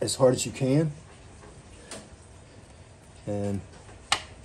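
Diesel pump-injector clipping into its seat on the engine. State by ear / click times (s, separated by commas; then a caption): seated / 4.1 s. A diesel pump-injector on a 2008 VW Caddy 1.9 TDi is pressed down as hard as possible on its large bulbous area during a fuel injector replacement. Someone talks briefly, a steady tone hums around 3.3 seconds, and a sharp, loud click rings out at 4.1 seconds. The injector clips into its seat on the engine.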